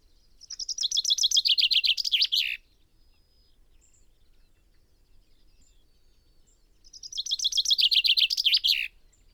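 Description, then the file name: Common chaffinch song: two bright, rattling phrases, each about two seconds long, descending in pitch and ending in a quick flourish, separated by several seconds of quiet. "Fringilla coelebs"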